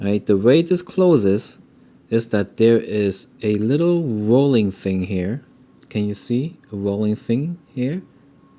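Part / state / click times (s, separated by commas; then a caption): folding clasp of a metal watch bracelet / not seated / none. Someone talks while handling the folding clasp of a metal watch bracelet, which has a small rolling latch element. Speech fills the clip with brief pauses between phrases. The clasp has not snapped shut yet, and nothing has seated or clicked by the end.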